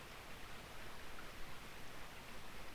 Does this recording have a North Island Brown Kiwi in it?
no